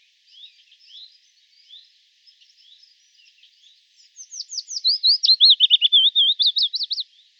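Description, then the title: Willow warbler song, quiet twittering notes at first, then a loud, rapid cascade of sweet slurred whistles lasting about three seconds. "Sylvain Jaskowiak - Mes piafs. Pouillot fitis"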